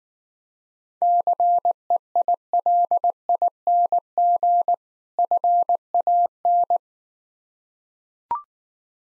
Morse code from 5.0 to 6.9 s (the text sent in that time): FAN